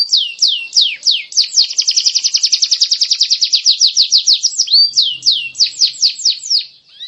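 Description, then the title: Canary delivering a long rolling song: falling whistles merge into a very fast rattling trill, followed by a series of clear downslurred notes. Champion singer. "Kicau Burung Kenari Juara"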